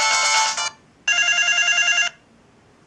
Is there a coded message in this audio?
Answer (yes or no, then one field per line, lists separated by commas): no